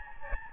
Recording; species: mosquito wingbeat signal from an infrared sensor; Aedes albopictus